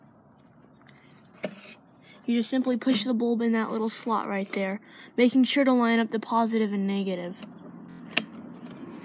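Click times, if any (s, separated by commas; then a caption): 8.2 s. A brake/taillight bulb is pushed into its socket slot on a 2005 Chevy Impala taillight, lined up for positive and negative, while someone talks. A single sharp click at 8.2 seconds marks the bulb snapping into place, seated in the lamp socket.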